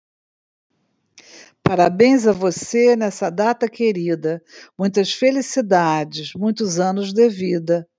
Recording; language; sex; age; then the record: short text; Brazilian Portuguese; female; 70 to 79 years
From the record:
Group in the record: control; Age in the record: 70 years